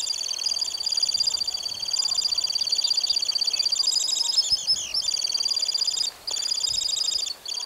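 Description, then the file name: Temminck's stint song: a long, rapid ringing trill of high pulsed notes, held almost without break, with a brief change in pattern and two short pauses. "Calidris temminckii song"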